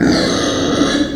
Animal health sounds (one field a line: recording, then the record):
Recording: squeal of a Yucatan mini pig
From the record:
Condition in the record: before surgery on the right vocal fold (resection and tissue-engineered implant)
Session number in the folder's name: 3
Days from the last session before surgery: 0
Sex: female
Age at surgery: 19 weeks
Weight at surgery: 25 kg